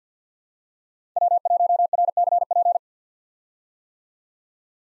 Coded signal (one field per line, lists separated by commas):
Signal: Morse code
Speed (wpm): 50 wpm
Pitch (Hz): 700 Hz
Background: none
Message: W1RCP